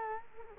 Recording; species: mosquito wingbeat signal from an infrared sensor; Culex quinquefasciatus